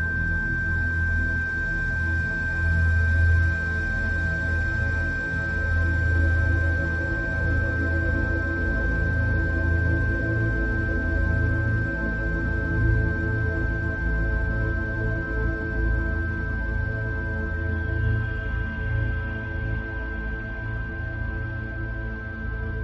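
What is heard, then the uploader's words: A steady 1565 Hz tone holds unchanged for the whole clip over a dense, constant low hum and rumble with many fixed humming pitches. Around eighteen seconds the faint upper hiss thins out, while the tone and rumble carry on evenly. 1565 Hz.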